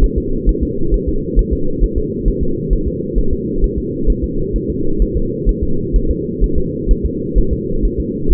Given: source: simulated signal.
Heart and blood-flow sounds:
fetal heart sounds
0.04 s: S1
0.18 s: S2
0.49 s: S1
0.63 s: S2
0.94 s: S1
1.08 s: S2
1.39 s: S1
1.53 s: S2
1.84 s: S1
1.98 s: S2
2.28 s: S1
2.43 s: S2
2.73 s: S1
2.88 s: S2
3.18 s: S1
3.33 s: S2
3.64 s: S1
3.78 s: S2
4.10 s: S1
4.24 s: S2
4.56 s: S1
4.70 s: S2
5.02 s: S1
5.17 s: S2
5.49 s: S1
5.63 s: S2
5.96 s: S1
6.11 s: S2
6.44 s: S1
6.58 s: S2
6.91 s: S1
7.05 s: S2
7.38 s: S1
7.53 s: S2
7.85 s: S1
8.00 s: S2
8.32 s: S1
From the record:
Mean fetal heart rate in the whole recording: 130 bpm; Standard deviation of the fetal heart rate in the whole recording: 2 bpm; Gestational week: 36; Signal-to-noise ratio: -8.1 dB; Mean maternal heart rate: 72 bpm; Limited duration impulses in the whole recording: absent

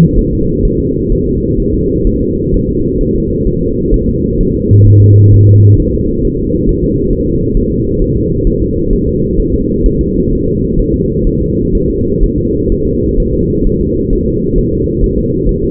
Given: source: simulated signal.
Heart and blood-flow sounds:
fetal heart sounds
0.19 s: S1
0.33 s: S2
0.65 s: S1
0.80 s: S2
1.12 s: S1
1.27 s: S2
1.60 s: S1
1.74 s: S2
2.07 s: S1
2.22 s: S2
2.54 s: S1
2.69 s: S2
3.01 s: S1
3.16 s: S2
3.47 s: S1
3.62 s: S2
3.94 s: S1
4.09 s: S2
4.41 s: S1
4.55 s: S2
4.87 s: S1
5.02 s: S2
5.34 s: S1
5.48 s: S2
5.80 s: S1
5.94 s: S2
6.25 s: S1
6.39 s: S2
6.69 s: S1
6.84 s: S2
7.13 s: S1
7.28 s: S2
7.57 s: S1
7.72 s: S2
8.02 s: S1
8.16 s: S2
8.47 s: S1
8.62 s: S2
8.93 s: S1
9.08 s: S2
9.40 s: S1
9.54 s: S2
9.86 s: S1
10.01 s: S2
10.33 s: S1
10.47 s: S2
10.79 s: S1
10.94 s: S2
11.27 s: S1
11.41 s: S2
11.75 s: S1
11.90 s: S2
12.23 s: S1
12.38 s: S2
12.72 s: S1
12.87 s: S2
13.20 s: S1
13.34 s: S2
13.67 s: S1
13.81 s: S2
14.13 s: S1
14.28 s: S2
14.58 s: S1
14.73 s: S2
15.04 s: S1
15.18 s: S2
15.49 s: S1
15.64 s: S2
From the record:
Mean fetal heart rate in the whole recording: 130 bpm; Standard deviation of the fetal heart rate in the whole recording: 4 bpm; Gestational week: 38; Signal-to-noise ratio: -14.7 dB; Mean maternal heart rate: 72 bpm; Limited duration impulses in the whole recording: present

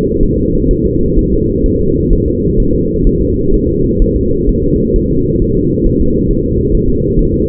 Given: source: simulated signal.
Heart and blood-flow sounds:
fetal heart sounds
0.23 s: S1
0.38 s: S2
0.71 s: S1
0.86 s: S2
1.19 s: S1
1.33 s: S2
1.66 s: S1
1.81 s: S2
2.13 s: S1
2.28 s: S2
2.60 s: S1
2.75 s: S2
3.07 s: S1
3.21 s: S2
3.54 s: S1
3.69 s: S2
4.02 s: S1
4.17 s: S2
4.49 s: S1
4.64 s: S2
4.96 s: S1
5.11 s: S2
5.42 s: S1
5.57 s: S2
5.87 s: S1
6.01 s: S2
6.31 s: S1
6.45 s: S2
6.75 s: S1
6.89 s: S2
7.19 s: S1
7.34 s: S2
From the record:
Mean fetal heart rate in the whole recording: 130 bpm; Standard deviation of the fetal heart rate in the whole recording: 4 bpm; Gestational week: 38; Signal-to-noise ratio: -15.3 dB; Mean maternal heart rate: 72 bpm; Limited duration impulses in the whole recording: present

